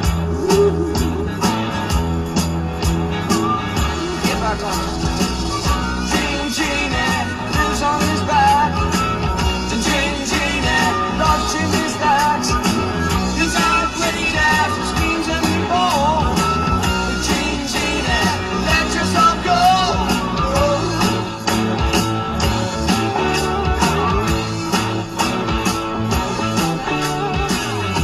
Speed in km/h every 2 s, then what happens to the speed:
60, 61, 63, 63, 64, 69, 72, 72, 71, 69, 68, 68, 64, 63.
0-12 speeds up to 72. 12-28 slows to 63.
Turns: none.